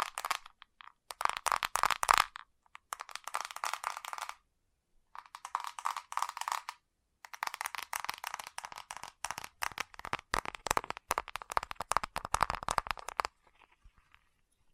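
Fast tapping in rapid, dense bursts of crisp clicks, separated by short silent pauses near 1, 4.5 and 7 seconds, then stopping around 13 seconds.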